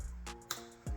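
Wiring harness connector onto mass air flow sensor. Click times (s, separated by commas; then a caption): 0.5 s. A wiring harness electrical connector is slid onto the mass air flow sensor of a 2022–2025 Toyota Tacoma 2.4L (T24A-FTS) after its gasket and female connectors are checked. A sharp, short click is heard at 0.5 s as it latches, with softer sounds around 0.3 s and 0.9 s and a low steady hum underneath. The connector is seated, and someone talks just before and after.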